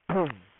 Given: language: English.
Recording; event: throat vibration sensor signal played as sound; throat clearing